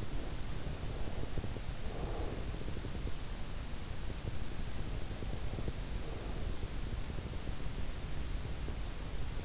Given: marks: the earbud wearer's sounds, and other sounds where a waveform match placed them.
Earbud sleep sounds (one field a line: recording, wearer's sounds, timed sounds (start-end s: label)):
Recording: sounds in sleep by an in-ear microphone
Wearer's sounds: breath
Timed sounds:
0.00-3.26 s: breath
4.10-7.88 s: breath